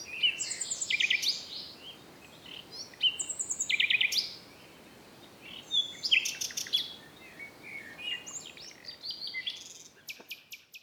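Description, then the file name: Common nightingale singing a series of varied phrases, with fast rattling trills, whistled notes and clicking bursts separated by short pauses. "Luscinia megarhynchos"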